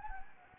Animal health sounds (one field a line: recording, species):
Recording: mosquito wingbeat signal from an infrared sensor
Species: Anopheles gambiae